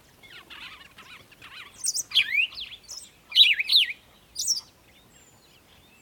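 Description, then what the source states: Birds singing, a soft twittering at first, then loud, sharp chirps sweeping down and up in quick bursts. Birds singing in the morning.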